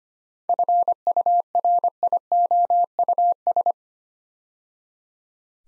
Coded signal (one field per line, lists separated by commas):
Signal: Morse code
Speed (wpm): 25 wpm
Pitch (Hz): 700 Hz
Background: none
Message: FURIOUS